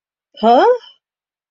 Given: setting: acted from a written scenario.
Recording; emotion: vocal sound without words; confusion